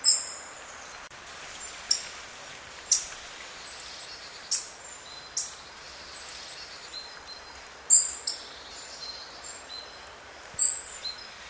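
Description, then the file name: European robin calling, a series of brief sharp high notes repeated every one to three seconds over faint steady background noise. "Erithacus rubecula"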